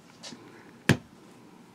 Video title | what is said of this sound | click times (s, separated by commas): Episode 595 Aihao Baby Penguin Fountain Pen | we'll go ahead and punch it. Hear that nice snap? | 0.9 s